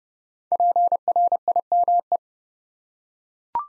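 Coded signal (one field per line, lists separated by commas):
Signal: Morse code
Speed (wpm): 29 wpm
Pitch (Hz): 700 Hz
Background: none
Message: PRIME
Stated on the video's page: Morse drill at 30 wpm of 5-letter words, each sent, spoken, then sent again.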